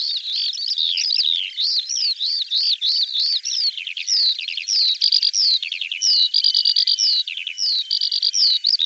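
Bird song with looping arched notes, fast buzzy trills and sharp slurred whistles, loud and continuous.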